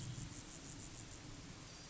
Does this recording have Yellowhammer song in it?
no